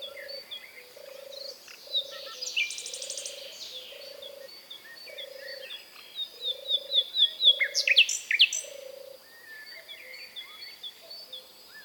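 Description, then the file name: Common nightingale singing varied chirped phrases, then a quick series of loud notes, with a steady low pulsed croaking behind. "British Library - European Nightingale(Luscinia megarhynchos)"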